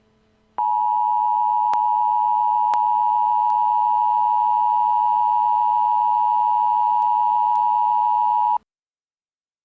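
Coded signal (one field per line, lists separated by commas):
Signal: Emergency Alert System (SAME) tones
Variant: 853 and 960 Hz attention tone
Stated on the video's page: Fictional EAS scenario.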